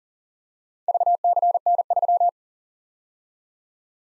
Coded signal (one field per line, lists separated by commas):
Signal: Morse code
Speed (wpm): 40 wpm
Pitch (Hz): 700 Hz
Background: none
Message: VCN3